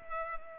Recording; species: mosquito wingbeat signal from an infrared sensor; Culex pipiens